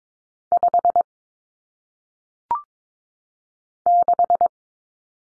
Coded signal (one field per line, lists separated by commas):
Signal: Morse code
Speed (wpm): 22 wpm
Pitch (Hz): 700 Hz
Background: none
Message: 5 6